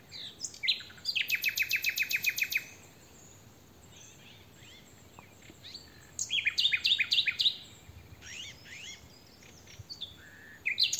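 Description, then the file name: Common nightingale song, a loud fast trill of repeated notes, a pause, then a varied phrase of sharp whistles and chirps. "Luscinia megarhynchos"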